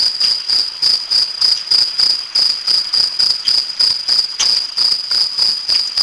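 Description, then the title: Modicogryllus cricket giving short, pure, high-pitched chirps in a steady series of roughly three or four per second. "Modicogryllus"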